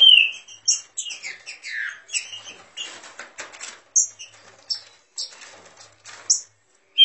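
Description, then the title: Green-winged saltator giving whistled phrases and high notes amid frequent clicking and rustling sounds, with short silent gaps near the end. Warming up its song; song style referred to as voice 09. "Canto De Trinca Ferro Voz 09. Trinca Ferro esquentando!"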